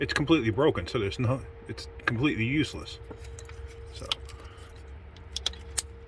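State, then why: Released. Someone talks while working on the plastic electrical connector on the throttle body of an F150, whose lock is completely broken. They push down on the connector's release tab, which gives a sharp snap at 5.5 seconds among a few small clicks. The connector comes free.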